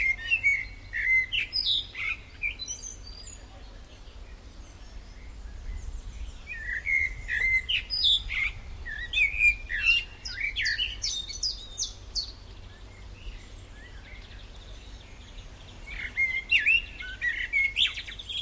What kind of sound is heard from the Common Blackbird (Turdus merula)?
song